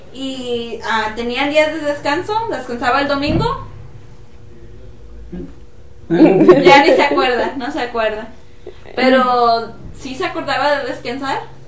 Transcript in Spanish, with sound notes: Y, ¿tenían días de descanso? ¿Descansaba el domingo? (risas) Ya ni se acuerda, no se acuerda. Pero, ¿sí se acordaba de descansar?